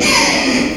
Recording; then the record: squeal of a Yucatan mini pig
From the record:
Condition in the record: before surgery on the right vocal fold (resection and tissue-engineered implant); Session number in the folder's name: 2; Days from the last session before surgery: 0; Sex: male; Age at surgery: 12 weeks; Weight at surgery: 13 kg